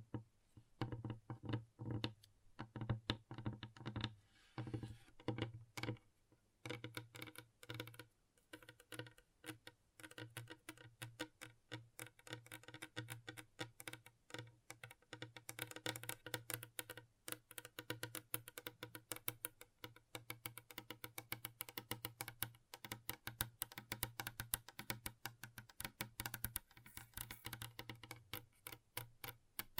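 Gentle tapping, quick and dense, with fingertips clicking in an uneven patter much like typing on a keyboard. The first few seconds are sparser, with short pauses between bursts, then the taps run nearly continuous. A low steady hum sits underneath throughout.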